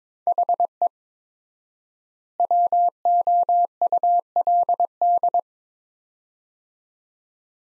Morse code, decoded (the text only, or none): HE WOULD